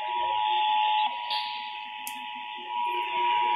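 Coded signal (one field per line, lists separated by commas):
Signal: Emergency Alert System (SAME) tones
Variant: 853 and 960 Hz attention tone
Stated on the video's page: Severe thunderstorm warning EAS alerts issued by the Missoula and Great Falls offices.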